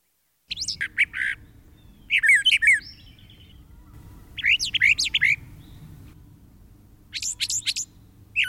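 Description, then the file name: Brown thrasher song in separate bursts of several sharp, varied notes, chirpy and buzzy, with pauses between bursts and a faint hum behind. "suara-kicauan-brown-trasher -omkicau"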